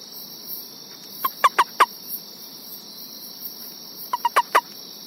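Central Formosan toad calling in short clipped notes, grouped in bursts of about four, twice, over a steady high insect drone.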